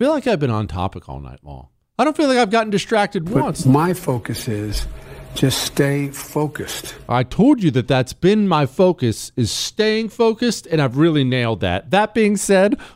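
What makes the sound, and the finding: Adult male speaker. Typical voice.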